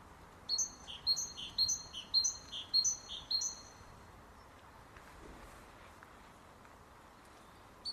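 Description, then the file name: Great tit singing several bright two-note phrases, a high note dropping to a lower one, evenly repeated for three seconds, then a quiet stretch of soft background noise. "Parus major"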